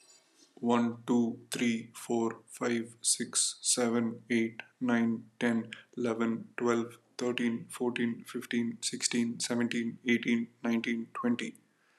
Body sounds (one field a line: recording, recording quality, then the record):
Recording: counting at a normal pace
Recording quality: excellent, no background noise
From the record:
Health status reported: healthy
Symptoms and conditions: none ticked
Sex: male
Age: 22 years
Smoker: not ticked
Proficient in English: yes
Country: India